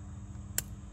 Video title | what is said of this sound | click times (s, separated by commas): How to Replace Coolant Temperature Sensor Volkswagen Beetle | now you have to get this a screwdriver in there and listen for it to click | 0.6 s